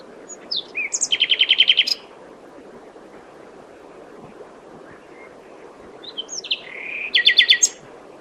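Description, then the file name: Common nightingale song: two phrases, each opening with short whistles and ending in a rapid repeated metallic trill, separated by a pause of a few seconds. "Luscinia megarhynchos"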